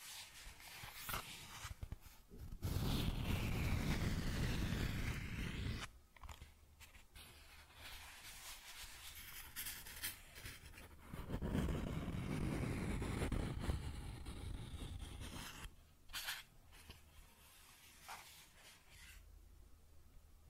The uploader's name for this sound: Cardboard Scratching, Tracing, Tearing